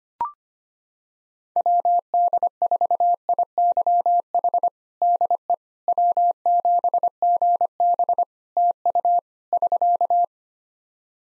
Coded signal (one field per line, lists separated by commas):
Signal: Morse code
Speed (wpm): 25 wpm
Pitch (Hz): 700 Hz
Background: none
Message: WD4IYH DE W7GB TU <SK>